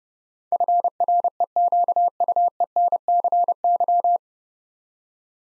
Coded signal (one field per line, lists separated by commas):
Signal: Morse code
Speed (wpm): 30 wpm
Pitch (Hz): 700 Hz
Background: none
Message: FREQUENCY